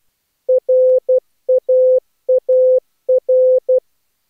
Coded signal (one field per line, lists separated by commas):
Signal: Morse code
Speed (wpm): 15 wpm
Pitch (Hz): 510 Hz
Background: none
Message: RAAR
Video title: Daily Minutes, December 29, 2015, with contestia